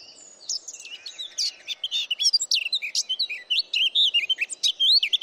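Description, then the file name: Eurasian blackcap song: a busy stream of sweet, fluty and scratchy notes that grows louder and fuller toward the close. "Sylvia atricapilla"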